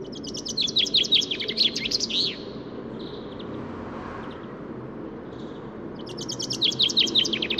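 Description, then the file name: Common chaffinch song: a fast cascading trill closing with a flourish, repeated once after a quiet gap of about four seconds, with soft background noise. "Fringilla coelebs"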